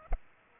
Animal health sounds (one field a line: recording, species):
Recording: mosquito wingbeat signal from an infrared sensor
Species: Culex pipiens